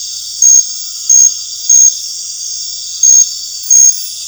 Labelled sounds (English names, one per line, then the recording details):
none
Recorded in dense forest near Puerto Asís, Putumayo, Colombia, on 12 March 2025 at 20:00
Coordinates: 0.484, -76.317
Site G064